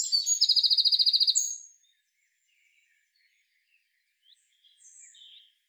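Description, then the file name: Eurasian wren: a rapid, high, buzzy trill for about a second and a half ending on a sharp note, then near silence with a few faint chirps. "Troglodytes troglodytes"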